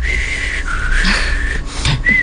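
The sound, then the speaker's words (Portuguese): A person whistles casually, holding a few long, steady mid-high notes that step down and glide back up, with a brief rising chirp at the end and no talking. “Eu acho que há indivíduos que pensam que assobiando o cheiro desaparece.”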